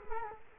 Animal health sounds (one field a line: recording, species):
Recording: mosquito wingbeat signal from an infrared sensor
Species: Culex quinquefasciatus